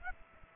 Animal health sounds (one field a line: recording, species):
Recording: mosquito wingbeat signal from an infrared sensor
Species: Aedes aegypti